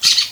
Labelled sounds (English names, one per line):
Brown-throated Parakeet contact call